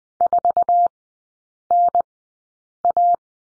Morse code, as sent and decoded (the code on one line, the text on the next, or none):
....- -. .-
4NA